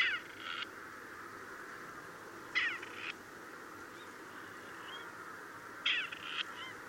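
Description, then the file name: Grey partridge uttering three harsh, grating calls a few seconds apart over steady background hiss, with faint thin whistles from another bird in the gaps. "Starna"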